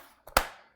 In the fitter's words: is removed see how that covered up the screw I just put in and it just sort of snaps into place